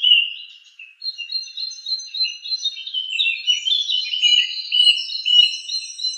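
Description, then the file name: Song thrush song, a continuous tumbling stream of high whistled and twittering notes with no clear pauses. "suara-kicauan-burung-song-thrush 7-omkicau"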